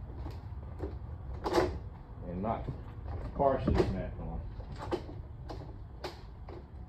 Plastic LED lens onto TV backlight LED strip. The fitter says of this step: see that I can still hear it snapping